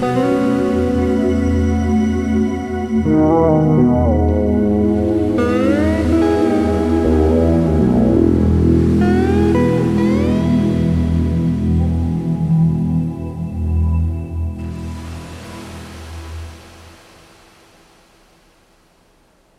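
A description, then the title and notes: Meditative guitar notes ring over a sustained ambient pad, with low tones held steadily underneath. Slow upward slides in the guitar appear around five and nine seconds. A soft hiss like sea waves rises near fifteen seconds as everything fades out toward the end. Meditative guitar to ambient pad with sea waves.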